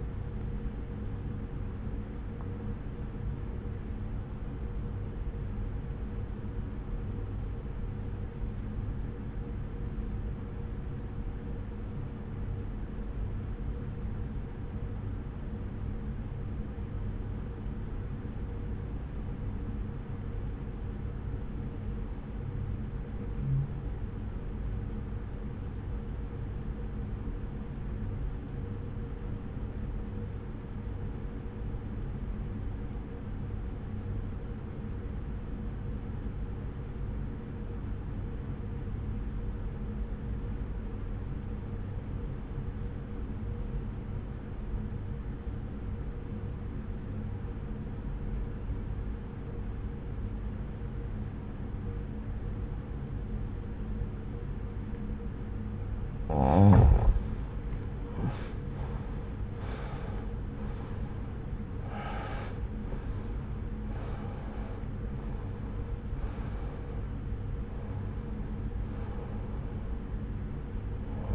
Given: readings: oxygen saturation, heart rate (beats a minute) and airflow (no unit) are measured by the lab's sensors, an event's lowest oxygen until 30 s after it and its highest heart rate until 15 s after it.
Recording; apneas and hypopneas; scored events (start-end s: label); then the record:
breathing in sleep by a smartphone at the bedside; 1
3.00-57.10 s: obstructive apnea (REM, oxygen 95% highest, then 77% lowest)
From the record:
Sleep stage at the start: REM sleep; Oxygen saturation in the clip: 82 to 95%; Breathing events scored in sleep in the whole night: 303 in 8.1 hours asleep